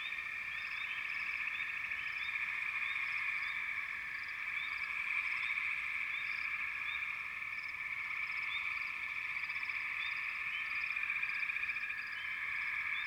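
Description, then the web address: Dense frog chorus, a steady high-pitched drone with rapid overlapping chirps, roughly four a second, throughout. "Nature Sounds Sounds of Nature Collection 28 Frog Chourus"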